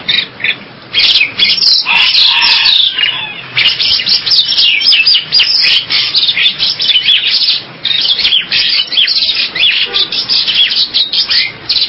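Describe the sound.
Bird song as a dense, busy chatter of overlapping chirps and twitters that continues with only brief gaps.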